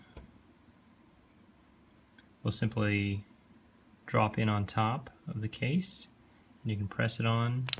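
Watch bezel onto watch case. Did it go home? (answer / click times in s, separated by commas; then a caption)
no / none. A new watch bezel is dropped onto the top of the watch case and lined up before being pressed home with the fingers, while someone talks. Only two faint ticks are heard, near 0.2 s and 2.2 s. The bezel has not yet seated or clicked into place.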